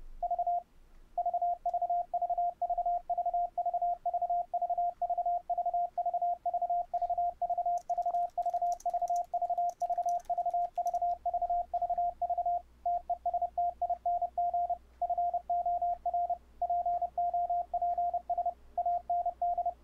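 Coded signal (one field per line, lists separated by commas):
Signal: Morse code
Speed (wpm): 32 wpm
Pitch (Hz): 700 Hz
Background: radio noise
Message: V VVVVVVVVVVVVVVVVVVVVVVVV TESTING FOR POPS AND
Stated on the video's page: Morse code sent over the internet with an all-software setup on Ubuntu 12.04 using PulseAudio, fldigi and Mumble.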